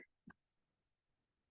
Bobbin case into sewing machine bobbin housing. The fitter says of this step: And I know that it's in when I hear that click.